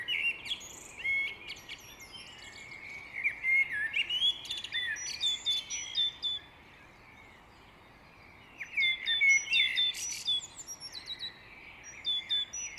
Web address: Great Tits